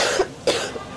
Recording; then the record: coughing mixed with background sound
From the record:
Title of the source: 55 gaggy wet cough